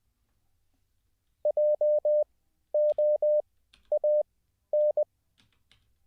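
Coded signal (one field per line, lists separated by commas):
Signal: Morse code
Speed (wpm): 20 wpm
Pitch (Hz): 600 Hz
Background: none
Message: JOAN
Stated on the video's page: Morse code practiced live as a daily CW learning session.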